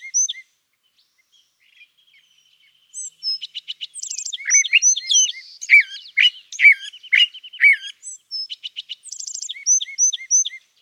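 California thrasher song with varied phrases: scattered high chirps, then a tumbling jumble of slurred whistles and rapid ticking notes, each motif repeated several times.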